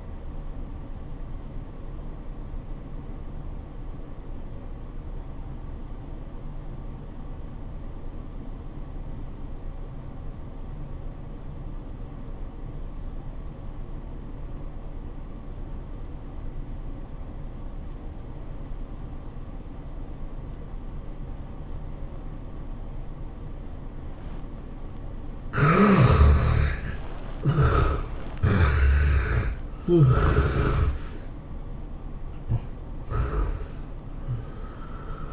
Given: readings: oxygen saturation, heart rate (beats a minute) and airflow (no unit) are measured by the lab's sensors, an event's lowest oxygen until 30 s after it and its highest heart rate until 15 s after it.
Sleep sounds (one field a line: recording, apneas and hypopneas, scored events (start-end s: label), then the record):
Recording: breathing in sleep by a smartphone at the bedside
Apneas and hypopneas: 1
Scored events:
5.00-26.30 s: obstructive apnea (N1, oxygen 94% highest, then 69% lowest, heart rate 88 at the start, 110 highest)
From the record:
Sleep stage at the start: N1 (lightest sleep)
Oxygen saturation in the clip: 67 to 94%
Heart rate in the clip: 82 to 109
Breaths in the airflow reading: 3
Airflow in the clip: -15.6 to 14.7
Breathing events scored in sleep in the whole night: 403 in 5.5 hours asleep